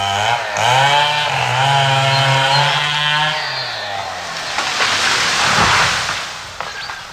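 A chainsaw engine whines loudly at a steady, slightly wavering pitch, then turns into a rougher, grinding buzz as the blade bites into the roots of trees growing on an unmarked mass grave in Puźniki, continuing without any voices.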